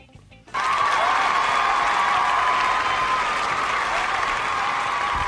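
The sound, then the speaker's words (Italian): After a brief quiet moment, loud applause bursts in and continues steadily for about five seconds, a dense wash of clapping with a faint sustained tone running underneath. The applause signals that a caller has correctly guessed the character of the week. “E come ha sentito lei stessa da questo applauso, sì, avrà dedotto che ha indovinato.”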